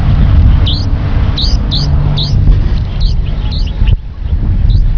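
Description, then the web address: Olive-backed pipit giving thin, high, short calls, several spaced throughout, over a constant low rumbling background noise. "birdcall Obpipit"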